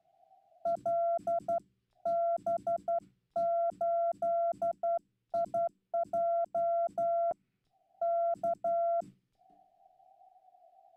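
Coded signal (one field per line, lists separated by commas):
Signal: Morse code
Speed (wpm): 12 wpm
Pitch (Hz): 680 Hz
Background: none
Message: LB8IJ K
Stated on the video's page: Slow CW at around 15 wpm sent live on new straight keys, including a WWII key, during Straight Key Night, on a Yaesu FTdx10.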